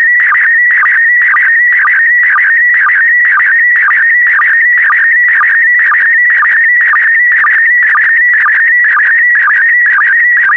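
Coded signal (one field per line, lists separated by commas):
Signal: SSTV (slow-scan television)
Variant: PD120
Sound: warbling whistle-like tone with a steady chirping tick about twice a second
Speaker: complete you can now check your decoded image against the picture that is shown on the video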